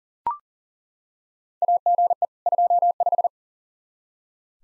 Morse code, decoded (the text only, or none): AGE 25